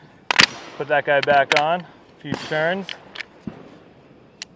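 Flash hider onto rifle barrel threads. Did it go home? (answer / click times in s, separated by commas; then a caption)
yes / 4.4 s. A short flash hider is screwed back onto the threaded barrel of a Sig MCX Spear rifle for a few turns while someone talks, with sharp metallic handling knocks near the start. A single sharp click at 4.4 s marks the flash hider locking into place.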